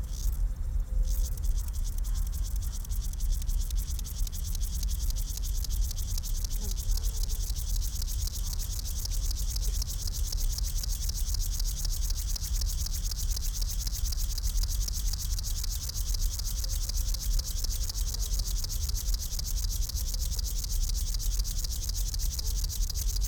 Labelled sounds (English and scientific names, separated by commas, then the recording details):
Upland Field Grasshopper (Chorthippus apricarius) stridulation
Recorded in the wild
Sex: pair
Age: imago
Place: Botanische Anlage Blankenfelde, Berlin, DE
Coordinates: 52.603, 13.4
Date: 1993-08-15 10:30
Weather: sonnig, 24-28°C
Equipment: Marantz CP 430, Sennheiser ME 80, Kopie Uher Variocord 263
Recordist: Tembrock, Günter
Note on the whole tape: Männchen am Weibchen Stridulation, auch Suchlaute, Männchen nur mit linkem Hinterschenkel (26,7 °C)